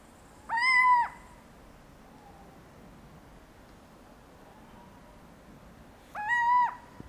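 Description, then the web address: Little owl giving two loud mewing calls, each rising then steady and ending abruptly, about five seconds apart over quiet background. "uilen Strigidae Steenuil Athene noctua"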